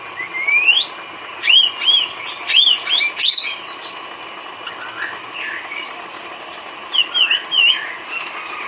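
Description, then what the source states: Bird: bird song of repeated bright whistles with short high flourishes, a pause, then a few more whistled phrases. Complete masteran set of bird chirping, used to train birds.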